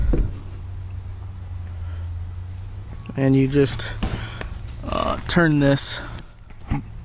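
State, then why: Seated. A stethoscope chestpiece is rotated on its stem from the diaphragm side to the bell side while someone talks. It indexes into position with a sharp click at 6.2 s, which tells which side is facing, and a low steady hum runs underneath.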